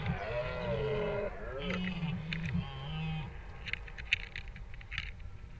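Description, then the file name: Deer bellowing: a long wavering low moan with strong harmonics, followed by scattered clicks and knocks. "ciervos"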